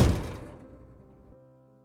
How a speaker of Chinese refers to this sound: 他轻车熟路地从电视机柜下的抽屉里拿出了车钥匙，四处检查了一下，发现房子里真的没有人后，开门离开。